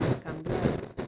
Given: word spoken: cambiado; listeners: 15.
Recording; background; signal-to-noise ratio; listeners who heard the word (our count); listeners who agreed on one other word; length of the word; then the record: one Spanish word in noise, from a listening test; noise modulated by one talker; -8.3 dB; 2 of 15; 11 of 15; 0.67 s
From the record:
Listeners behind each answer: 11, 2, 1, 1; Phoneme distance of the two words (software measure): 17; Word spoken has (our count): 3 syllables, 8 phonemes, stress on syllable 2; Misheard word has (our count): 2 syllables, 7 phonemes, stress on syllable 2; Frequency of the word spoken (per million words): 39.04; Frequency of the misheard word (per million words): 76.32